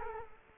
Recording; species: mosquito wingbeat signal from an infrared sensor; Culex quinquefasciatus